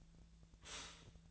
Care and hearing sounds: daily activity, microphone in the room; stop toaster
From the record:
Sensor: 3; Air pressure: 1009.2 hPa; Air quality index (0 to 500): 197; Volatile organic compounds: 16 ppm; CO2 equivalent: 2557 ppm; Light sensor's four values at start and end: 32/79/33/36 and 32/79/33/36

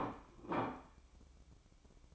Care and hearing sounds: daily activity, microphone in the room; place plate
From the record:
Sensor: 1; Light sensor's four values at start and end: 8/18/7/8 and 8/18/7/8

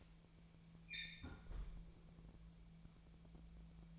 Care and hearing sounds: daily activity, microphone in the room; close fridge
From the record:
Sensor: 1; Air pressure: 1000.1 hPa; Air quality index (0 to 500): 135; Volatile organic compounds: 2 ppm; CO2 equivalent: 1278 ppm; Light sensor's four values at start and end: 37/94/39/48 and 37/94/40/48

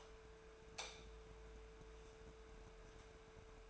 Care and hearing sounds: daily activity, microphone in the room; light on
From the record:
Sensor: 2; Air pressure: 1014.6 hPa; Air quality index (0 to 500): 185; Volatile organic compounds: 14 ppm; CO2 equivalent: 2448 ppm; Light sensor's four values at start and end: 30/72/31/35 and 34/88/38/41

